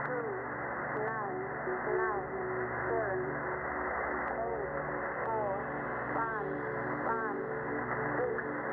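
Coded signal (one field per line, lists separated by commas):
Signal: numbers station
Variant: computer voice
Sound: short spoken words, roughly one per second, evenly spaced over hissy shortwave noise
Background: radio static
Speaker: then the actual message starts 4 2 9 9 7 2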